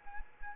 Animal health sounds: mosquito wingbeat signal from an infrared sensor; Anopheles arabiensis

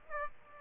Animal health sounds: mosquito wingbeat signal from an infrared sensor; Aedes aegypti

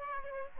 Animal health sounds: mosquito wingbeat signal from an infrared sensor; Aedes aegypti

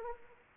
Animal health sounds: mosquito wingbeat signal from an infrared sensor; Anopheles arabiensis

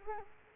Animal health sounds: mosquito wingbeat signal from an infrared sensor; Culex quinquefasciatus

